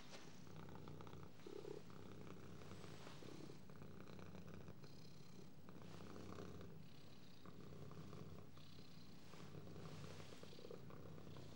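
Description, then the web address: Cat purring with a quiet, deep, rhythmic rumble. "The BBC Sound Effects Library - Complete 60 CDs Collection Sound Effects Library (Animals Birds) Cat"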